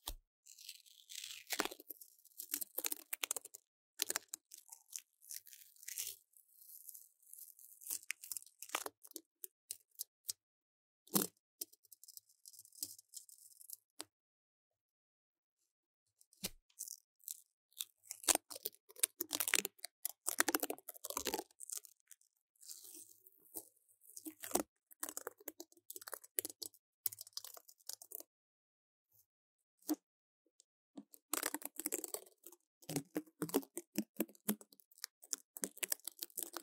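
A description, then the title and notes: Paper tape being handled and pressed onto a mic, with bursts of crinkly tearing and tapping clicks, separated by brief silent pauses. 用紙膠帶裝飾雪怪MIC| Paper tape decorating the sound of the MIC | NoTalking.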